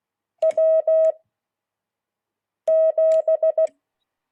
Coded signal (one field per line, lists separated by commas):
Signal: Morse code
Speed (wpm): 16 wpm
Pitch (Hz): 640 Hz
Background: none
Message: W7